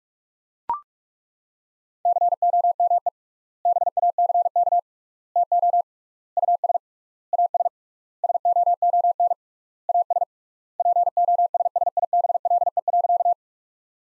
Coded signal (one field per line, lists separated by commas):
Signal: Morse code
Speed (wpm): 41 wpm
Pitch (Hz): 700 Hz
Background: none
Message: COME BACK TO US AS SOON AS POSSIBLE.